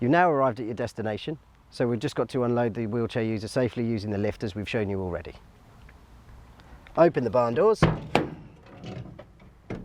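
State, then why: Seated. Someone talks, then the first rear barn door of a Vauxhall Movano wheelchair accessible van is swung open with a few soft knocks and thuds. Its hold-open stay catches with a sharp click at 9.7 s, seating the door in place.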